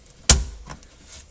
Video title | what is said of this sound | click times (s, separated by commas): 2015 Volkswagen Jetta TSI 1.8T fuel filter change | You'll hear a click when they go back into where they're supposed to go. | 0.3 s